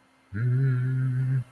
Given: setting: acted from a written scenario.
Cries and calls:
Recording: vocal sound without words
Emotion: romantic love

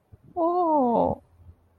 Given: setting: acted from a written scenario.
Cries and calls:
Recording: vocal sound without words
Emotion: adoration

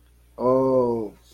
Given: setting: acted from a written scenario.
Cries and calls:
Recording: vocal sound without words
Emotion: disappointment

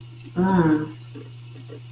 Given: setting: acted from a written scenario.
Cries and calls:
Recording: vocal sound without words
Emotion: contempt

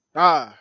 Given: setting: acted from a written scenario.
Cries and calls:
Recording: vocal sound without words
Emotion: triumph

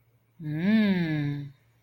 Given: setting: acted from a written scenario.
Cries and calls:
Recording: vocal sound without words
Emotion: desire

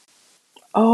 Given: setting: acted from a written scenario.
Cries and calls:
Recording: vocal sound without words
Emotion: embarrassment

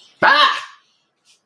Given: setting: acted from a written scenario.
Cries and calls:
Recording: vocal sound without words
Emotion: negative surprise

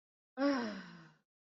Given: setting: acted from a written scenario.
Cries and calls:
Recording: vocal sound without words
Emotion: relief

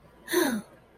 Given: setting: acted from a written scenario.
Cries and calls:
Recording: vocal sound without words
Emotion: relief

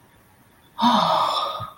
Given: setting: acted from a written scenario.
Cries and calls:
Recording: vocal sound without words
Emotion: relief

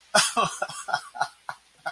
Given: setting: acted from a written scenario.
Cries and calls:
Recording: vocal sound without words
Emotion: amusement

